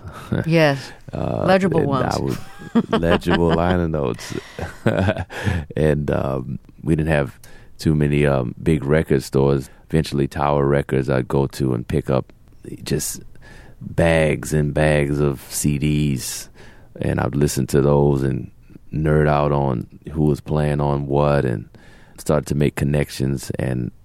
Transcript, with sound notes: Yes, legible ones (laughter).
Legible liner notes (laughter). And we didn't have too many big record stores. Eventually, Tower Records, I'd go to and pick up just bags and bags of CDs. And I would listen to those and nerd out on who was playing on what and started to make connections.